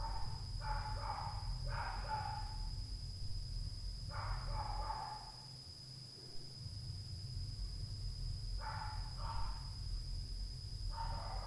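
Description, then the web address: Dog barks in bursts of hoarse yaps, often paired, separated by pauses, while a low droning rumble and a steady high tone continue throughout. Loud dog at night. "Night Noise BIG SOUND DOG"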